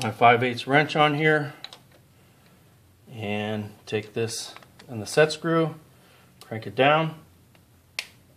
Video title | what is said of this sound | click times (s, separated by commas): Setting Rocker Valve Lash with Intake on for SBC Hydraulic and Solid camshafts | usually you'll hear it click like that set that's done | 8.0 s